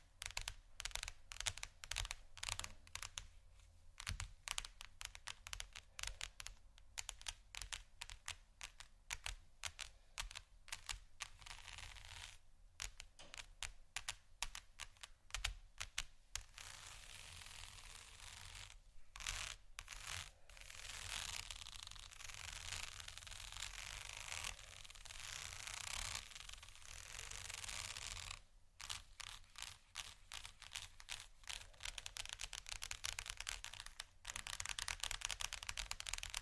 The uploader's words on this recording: ASMR Textured Sheets Tap & Scratch （No Talking）.